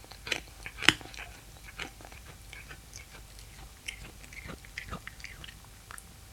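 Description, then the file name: Cat eating, soft irregular chewing and smacking clicks, one louder crunch near the start, then quieter bites. Eating fish. "Digiffects Sound Effects Library - Cat Eating Fish"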